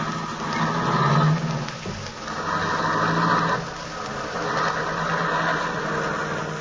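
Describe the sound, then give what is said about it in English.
A car engine runs steadily as the vehicle pulls away, a low droning rumble with a rough, noisy texture that dips briefly and then holds at a fairly constant level, with no voices. “Yeah, it's a nice car.”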